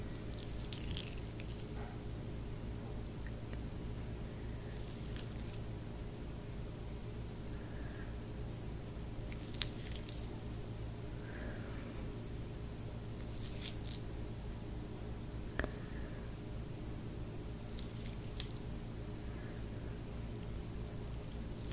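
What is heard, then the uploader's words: Soft squishing and crackling sounds of hands massaging and working through hair, arriving in short bursts every few seconds. A steady low hum runs underneath the whole time. ASMR Facial, Scalp Massage & Hair Wash.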